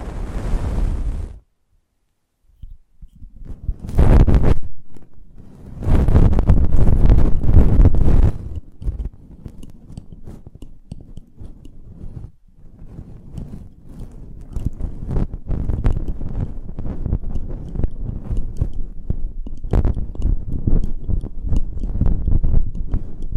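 Close-up microphone handling, with rubbing, scraping and tapping right against the mic. Bursts of heavy low rumble around four seconds and from six to eight seconds stand out, after a brief hiss and a silent gap at the start, then quieter continuous fumbling with scattered clicks fills the rest.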